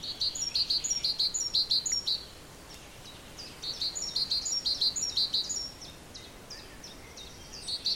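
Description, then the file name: Great tit song: bright two-note phrases repeated rapidly in short bursts, with pauses between bursts and a soft background hiss. "Parus major"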